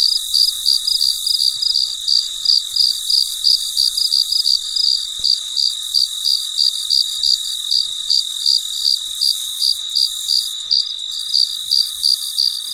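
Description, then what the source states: Cricket chirps repeated roughly three times a second, backed by a constant high drone. Late at night, in deep quiet.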